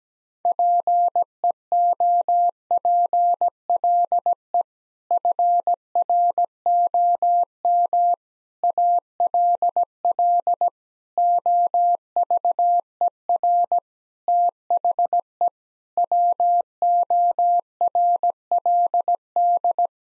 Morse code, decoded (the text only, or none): PEOPLE FROM ALL OVER THE WORLD